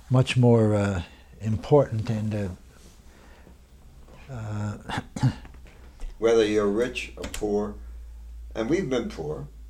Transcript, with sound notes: much more important and... ( he clears his throat )
Whether you're rich or poor, and we've been poor.